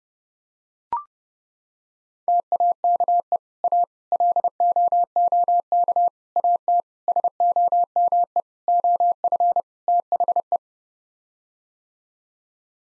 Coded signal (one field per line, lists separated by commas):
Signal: Morse code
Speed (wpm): 30 wpm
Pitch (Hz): 700 Hz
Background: none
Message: TAKE A LOOK AT SOME OF THE